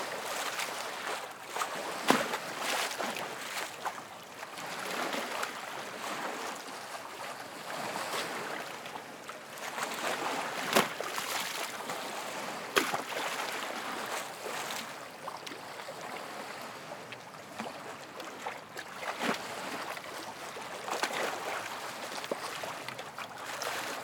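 Lake water sloshes and laps against a dock in a steady, dense wash of splashing that fills the whole stretch. Sharper slaps of water land every few seconds, including around 2, 11 and 13 seconds, over a constant hissing churn.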